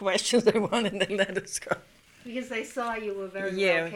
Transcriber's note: she laughs